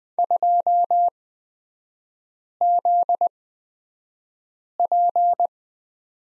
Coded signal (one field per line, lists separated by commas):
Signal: Morse code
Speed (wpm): 20 wpm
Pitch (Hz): 700 Hz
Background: none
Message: 2ZP